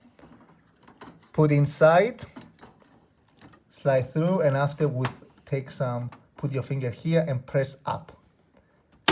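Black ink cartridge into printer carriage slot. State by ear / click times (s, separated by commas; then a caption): seated / 9.1 s. A black ink cartridge for an HP wireless printer is slid into the printer carriage slot and pushed up with a finger while someone talks. It latches with a sharp click at 9.1 s and is seated.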